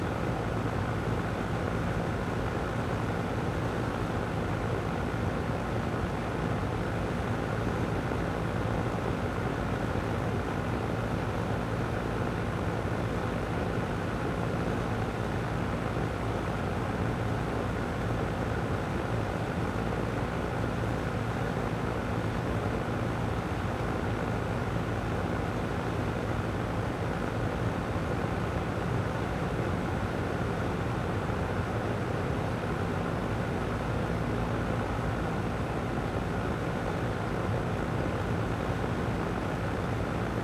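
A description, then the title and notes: An air conditioner runs hard and without a break, a thick, steady roar weighted toward the low end. A faint whine rides on top, and the level stays even throughout, with no starts, stops or other sounds. Air Conditioner Working Hard.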